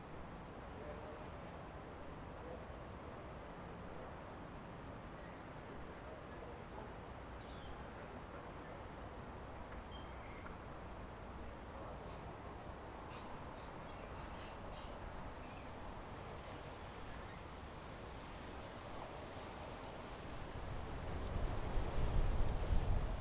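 Outdoor ambience above Tamarama Beach near Bondi, Sydney: a steady, dense wash of surf and low rumble fills the recording. Faint scattered bird calls and clicks appear around the middle, and near the end a louder low buffeting, like wind on the microphone, swells up.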